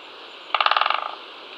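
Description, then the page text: Great spotted woodpecker drumming: a single burst of about a dozen rapid taps lasting under a second, fading toward the end. "Great Spotted Woodpecker Drum. Quick Sounds"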